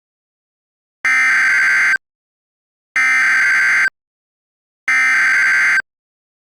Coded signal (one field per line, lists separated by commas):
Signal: Emergency Alert System (SAME) tones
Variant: header bursts